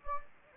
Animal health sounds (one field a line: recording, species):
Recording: mosquito wingbeat signal from an infrared sensor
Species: Anopheles gambiae